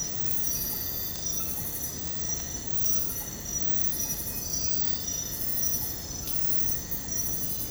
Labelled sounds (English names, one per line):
none